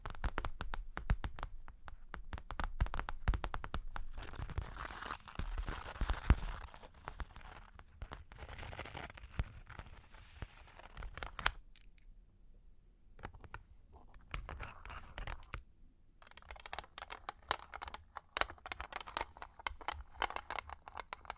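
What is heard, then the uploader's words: Long claws tap and scratch in dense, rapid clicks with rustling scrapes, thinning to a quieter lull around twelve to fifteen seconds. Long Claws Tapping and Scratching (No Talking).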